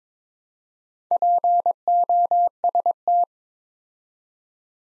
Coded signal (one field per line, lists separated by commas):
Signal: Morse code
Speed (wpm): 22 wpm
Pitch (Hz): 700 Hz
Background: none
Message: POST